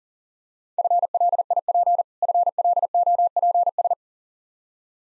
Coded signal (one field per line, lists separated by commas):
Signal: Morse code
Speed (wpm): 39 wpm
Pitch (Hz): 700 Hz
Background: none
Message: FLIP FLOPS